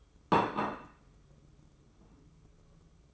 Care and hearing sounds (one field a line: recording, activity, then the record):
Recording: daily activity, microphone in the room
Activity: place plate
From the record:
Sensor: 1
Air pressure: 995.3 hPa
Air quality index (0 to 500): 28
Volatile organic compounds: 1 ppm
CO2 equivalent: 543 ppm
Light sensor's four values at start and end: 14/48/17/18 and 14/48/17/18